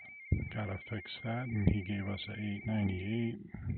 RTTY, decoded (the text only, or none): TU NN9DD QRZ?